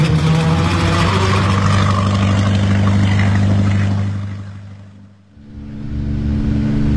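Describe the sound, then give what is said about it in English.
A slow-moving motorboat's engine drones loudly with a steady, low, throbbing hum, then sags and nearly cuts out before picking back up at a slightly shifted pitch. No one speaks. “Why is this boat so slow?”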